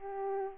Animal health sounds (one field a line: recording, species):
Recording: mosquito wingbeat signal from an infrared sensor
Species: Aedes aegypti